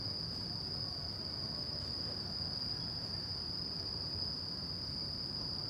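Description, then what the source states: Crickets trill continuously at a high pitch, with a soft low rumble in the background. Crickets at night in Shinjuku Gyoen Park, Shinjuku, Tokyo, Japan; recorded with DPA 4060 AB microphones into a Deity PR-2.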